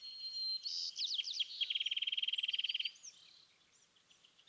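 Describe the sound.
California thrasher song: a few slurred notes, then a quick, even rattle-like trill lasting over a second, fading into soft notes.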